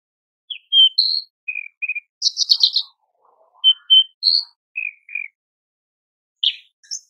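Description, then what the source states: Horsfield's bush lark giving clear whistled notes and a short buzzy rattle, with a pause before a final pair of chirps. Training song (masteran) for cage birds, described as super gacor.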